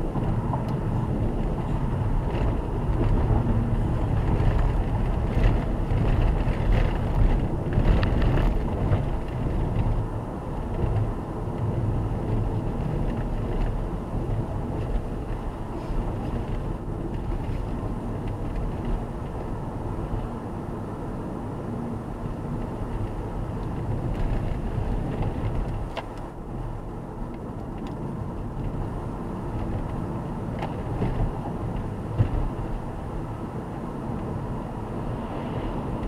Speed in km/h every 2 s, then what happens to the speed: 77, 78, 76, 74, 71, 69, 67, 66, 64, 64, 64, 66, 66, 66, 66, 68, 68, 67.
0-15 slows to 64. 15-36 steady at about 66.